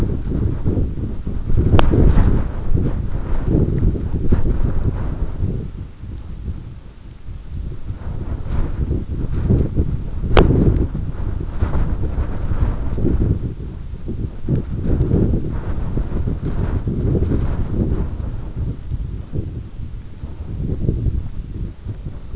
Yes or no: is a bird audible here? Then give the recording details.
no. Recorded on Arctic tundra, site EABA-1, on 22 June 2018. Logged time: 14:00